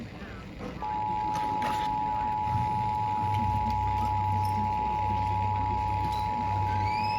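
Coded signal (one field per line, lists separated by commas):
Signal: Emergency Alert System (SAME) tones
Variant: 853 and 960 Hz attention tone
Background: speech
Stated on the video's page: Uninterrupted severe thunderstorm warning received on AM/FM radio.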